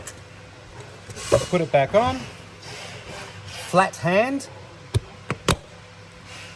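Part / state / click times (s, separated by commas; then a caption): towing mirror glass onto mirror actuator / seated / 4.9 s, 5.3 s, 5.5 s. Someone talks as mirror glass is placed flat back onto the actuator of a manual-fold Clearview Original towing mirror and pressed by hand. Sharp clicks at 5.0, 5.3 and 5.5 seconds show the glass clicking into place, and it is then checked and found not loose.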